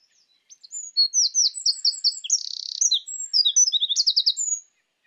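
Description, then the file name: Eurasian wren song: an energetic torrent of high piercing notes with quick repeated trills and a mid-song buzzy rattle, delivered in one burst of about four seconds. "Troglodytes troglodytes"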